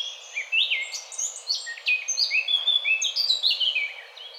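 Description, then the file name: Eurasian blackcap singing a continuous, lively warble of rich whistled and chattering notes, rising and falling quickly without a pause. "Sylvia atricapilla"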